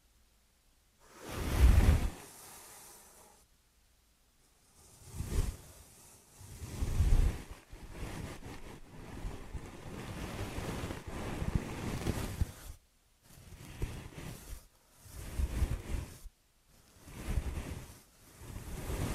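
Ear and scalp massage produces swelling, whooshing rubbing noises in bursts, heaviest near two and seven seconds, then steadier rustling with brief pauses.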